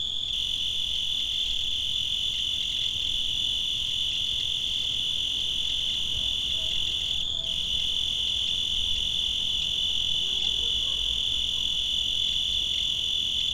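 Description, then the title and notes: Cricket giving a continuous shrill trill that barely wavers, with a momentary dip around seven seconds and soft background hiss. Made in Tavira, Tangier, Lima and Bhubaneswar. "ACA - Grabaciones de campo. Grillo. grabaciones hechas en tavira, tangier, lima, bhubanshwar"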